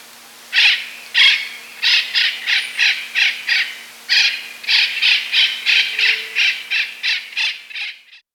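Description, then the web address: Yellow-eared parrot calls: a steady run of about twenty raspy, nasal squawks. Recorded in Ecuador. "Birds of Ecuador. Yellow-Eared Parrot"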